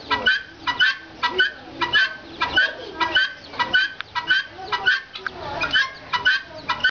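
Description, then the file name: Helmeted guineafowl giving harsh, grating calls repeated in quick pulses, nearly two per second, in a continuous chatter throughout. Domestic bird kept in a cage. "Цесарка домашняя в клетке"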